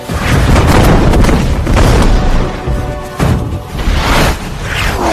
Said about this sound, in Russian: Ракеты подрывают нижние колонны дерева дома. Все в дыму и огне.